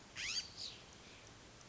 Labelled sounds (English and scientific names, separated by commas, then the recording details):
California Scrub-Jay (Aphelocoma californica)
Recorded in Sonoma County, California